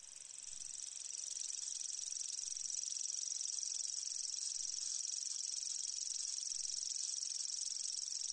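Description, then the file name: Common grasshopper warbler reeling: an unbroken, very high, fast mechanical trill that swells slightly at the start and then runs evenly throughout. "SWIERSZCZAK"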